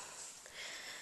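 A plastic extension rod is handled and pushed onto the hose handle of a Bosch GS-50 PowerAnimal vacuum, with a steady broadband hiss and faint rustling throughout. No sharp transients stand out. Nothing has seated or clicked yet.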